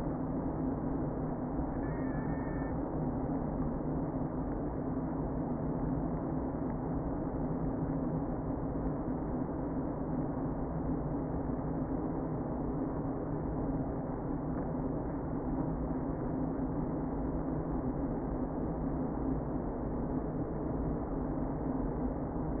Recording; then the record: honeybee colony, microphone inside the hive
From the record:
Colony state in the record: queen present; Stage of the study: before two queens were removed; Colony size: about 60,000 bees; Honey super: yes